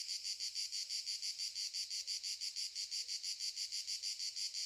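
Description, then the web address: Cicada chorus of high, rasping buzzing in rapid regular throbs, about three a second, with soft low tones faintly underneath. Cicadas stridulating very loudly in summer fields during the day, in the morning. "Sculp Tunes - Summer in the field - Crickets and Cicadas - Summer in the fields - DAY Morning - the cicadas stridulate very loudly"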